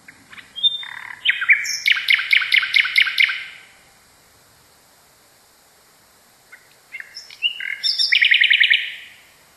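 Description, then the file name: Common nightingale singing two phrases split by a silent gap, each made of short varied notes and then a quick rattling series of loud, sharp repeated pulses. Song variation. "kicauan-nightingale-a-variasi 1-omkicau"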